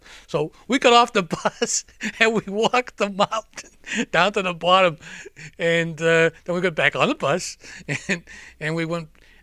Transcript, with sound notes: So we got off the bus, and we walked the mountain down to the bottom. (he laughs) And then we got back on the bus, and we went,